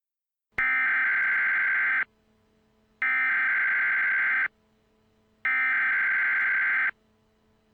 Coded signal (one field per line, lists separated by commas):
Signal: Emergency Alert System (SAME) tones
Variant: header bursts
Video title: EAS Scenario - Economic Riot